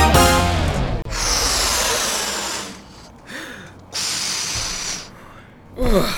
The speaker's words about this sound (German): Wie viele von diesen Luftballons muss ich denn noch aufpusten? Wieso aufpusten?